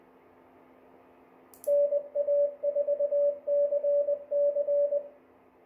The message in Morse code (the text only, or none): NA4CC